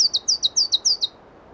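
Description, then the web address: Pallas's leaf warbler song, a brief run of about eight quick, very high, slightly downslurred notes repeated evenly, then stopping abruptly. Listvyanka, 25 June 2012. "25 2012 Phproregulus Listvyanka"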